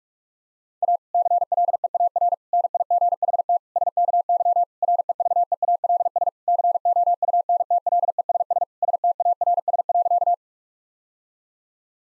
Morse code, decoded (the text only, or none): A CLEAR NIGHT SKY REVEALS COUNTLESS STARS.